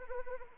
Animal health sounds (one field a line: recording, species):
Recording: mosquito wingbeat signal from an infrared sensor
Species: Anopheles arabiensis